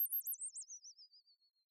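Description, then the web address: Bird call: a rapid, very high pulsing warbled whistle that slides steadily downward in pitch while fading out, on a silent background. "Sound of a bird"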